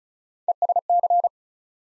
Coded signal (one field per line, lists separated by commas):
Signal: Morse code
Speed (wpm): 36 wpm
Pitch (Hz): 700 Hz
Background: none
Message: ESC